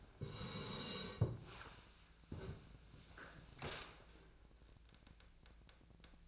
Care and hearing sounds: daily activity, microphone in the room; sit down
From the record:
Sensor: 2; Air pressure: 1000.3 hPa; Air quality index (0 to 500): 158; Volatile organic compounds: 3 ppm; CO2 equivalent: 1321 ppm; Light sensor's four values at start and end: 9/19/9/9 and 9/20/9/9

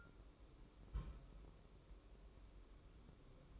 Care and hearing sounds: daily activity, microphone in the room; place on stove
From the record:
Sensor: 1

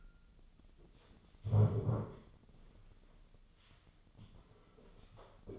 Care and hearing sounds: daily activity, microphone in the room; stand up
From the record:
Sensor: 4

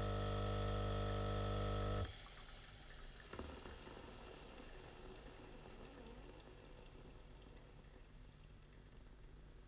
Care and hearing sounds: daily activity, microphone in the room; make coffee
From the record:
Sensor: 4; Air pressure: 992.4 hPa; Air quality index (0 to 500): 142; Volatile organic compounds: 76 ppm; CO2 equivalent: 3570 ppm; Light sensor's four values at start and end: 18/64/23/24 and 18/62/23/24

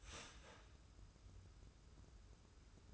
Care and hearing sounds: daily activity, microphone in the room; start toaster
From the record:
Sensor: 2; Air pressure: 994.3 hPa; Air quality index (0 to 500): 204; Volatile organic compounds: 1000 ppm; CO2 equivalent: 6718 ppm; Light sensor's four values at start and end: 129/307/130/135 and 129/307/130/135

